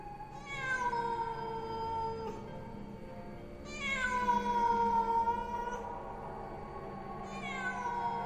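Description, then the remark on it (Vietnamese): A cat lets out three long, drawn-out meows, each a loud wailing cry that slides slowly downward in pitch, with short pauses between them and no one speaking. “Tiếng con mèo kêu lên làm cho ông Linh và thằng Bửu giật cả mình.”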